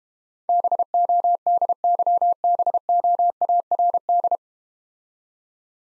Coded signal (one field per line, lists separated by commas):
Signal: Morse code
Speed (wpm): 31 wpm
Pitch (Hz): 700 Hz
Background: none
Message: BODYBOARD